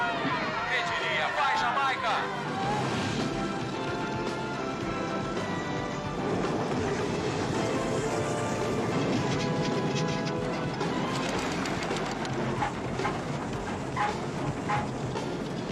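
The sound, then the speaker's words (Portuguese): A four-man Jamaican bobsled team rumbles steadily down an ice track on a training run, taking the curves, a loud, continuous roar with rattling and scraping that never lets up, while crowd babble and voices mix in underneath. “Olha como o treino está fazendo aquelas curvas.”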